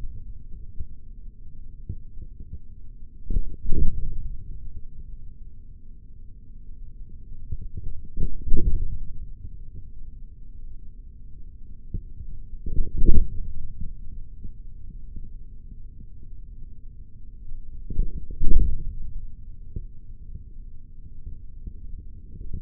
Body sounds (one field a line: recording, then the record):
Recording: forearm muscle sounds (acoustic myography)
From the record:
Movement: forearm supination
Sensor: system 3, bracelet of six PUI Audio POM-2738L microphones around the upper forearm, with dedicated amplification and filtering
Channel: 2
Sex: male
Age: 56 years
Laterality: right